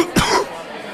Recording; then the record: coughing mixed with background sound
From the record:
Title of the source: Coughing 46